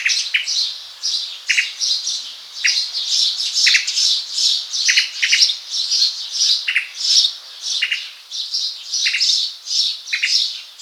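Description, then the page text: Tickell's thrush calls: a steady run of high, twittering chirps punctuated by sharp clicking notes at irregular intervals, continuing throughout. "Tickells Thrush Calls. Quick Sounds"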